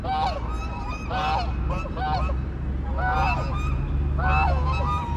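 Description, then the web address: Goose honking in several repeated bursts over a constant low hum. Urban city ambience; goose honking. "City Sounds AMBUrbn Goose Honk, Hiss, Duck"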